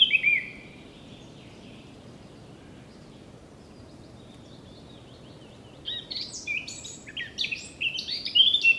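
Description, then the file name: Eurasian blackcap song: after a long quiet stretch, a burst of varied, high, warbling notes rising and falling over the last three seconds, with a brief phrase at the start. "Sylvia atricapilla"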